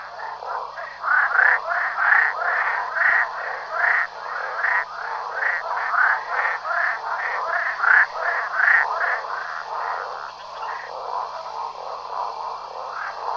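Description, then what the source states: Frogs croaking in a dense chorus, raspy overlapping calls pulsing on and off throughout with no pause. Juvenile frogs.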